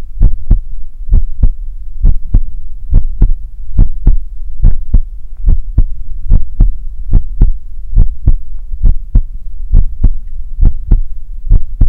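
A steady, regular adult heartbeat heard up close at about 68 beats per minute: low, thudding paired beats over a soft background hum.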